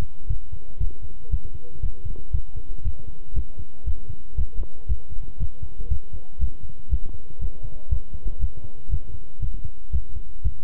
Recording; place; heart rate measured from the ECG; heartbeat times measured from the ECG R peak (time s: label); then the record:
heart sounds by stethoscope; between the tricuspid and mitral areas; 118 bpm
0.29 s: heartbeat
0.80 s: heartbeat
1.31 s: heartbeat
1.82 s: heartbeat
2.33 s: heartbeat
2.84 s: heartbeat
3.36 s: heartbeat
3.86 s: heartbeat
4.37 s: heartbeat
4.89 s: heartbeat
5.40 s: heartbeat
5.90 s: heartbeat
6.40 s: heartbeat
6.91 s: heartbeat
7.41 s: heartbeat
7.91 s: heartbeat
8.41 s: heartbeat
8.91 s: heartbeat
9.41 s: heartbeat
9.92 s: heartbeat
10.44 s: heartbeat
From the record:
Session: walking at 3.7 km/h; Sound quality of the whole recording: good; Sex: male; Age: 25 years